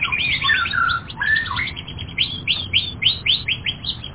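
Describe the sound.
Canary singing a quick rattle of notes, then a few longer falling whistles, followed by a run of loud, evenly spaced chirps.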